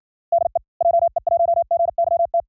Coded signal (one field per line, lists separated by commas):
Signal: Morse code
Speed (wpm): 60 wpm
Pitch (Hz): 680 Hz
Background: none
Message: DE JE1GYT